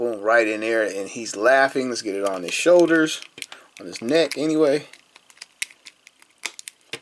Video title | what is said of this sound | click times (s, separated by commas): S.H. Figuarts Second Form Frieza Toy Review | man again it snaps in I love to hear the snap not just where you just gotta wonder if you got it on there | 6.5 s